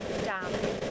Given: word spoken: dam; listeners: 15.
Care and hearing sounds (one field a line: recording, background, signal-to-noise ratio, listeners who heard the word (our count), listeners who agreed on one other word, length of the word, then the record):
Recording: one English word in noise, from a listening test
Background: noise modulated by three-talker babble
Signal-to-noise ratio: -4.6 dB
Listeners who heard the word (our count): 6 of 15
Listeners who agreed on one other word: 9 of 15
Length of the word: 0.51 s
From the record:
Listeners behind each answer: 9, 6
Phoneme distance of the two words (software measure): 7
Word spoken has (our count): 1 syllable, 3 phonemes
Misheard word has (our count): 1 syllable, 4 phonemes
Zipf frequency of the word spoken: 3.67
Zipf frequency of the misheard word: 4.34